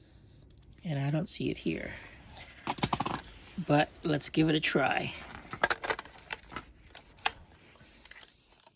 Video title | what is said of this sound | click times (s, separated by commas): K&F Lens Mount Adaptor Nikon F/AF To EF Mount | it doesn't lock in place that's not good it's not good | none